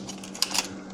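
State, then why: Not seated. A key turns in the lock behind the frame battery of a Jasion X-Hunter folding e-bike, to lock the slid-in battery pack in place. A sharp metallic tick at about 0.4 s and a softer rattling click near 0.6 s sound over a steady low hum. Nothing has seated or locked home yet.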